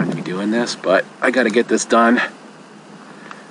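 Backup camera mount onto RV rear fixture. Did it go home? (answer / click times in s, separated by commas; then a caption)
yes / 3.3 s. A Dericam 1080p night-vision 12V backup camera mount is pressed onto a rear fixture of an RV camper van without drilling. Someone talks over a low background hiss, then after a quieter stretch a sharp, short hit sounds at 3.3 s. The mount is seated and goes on solidly.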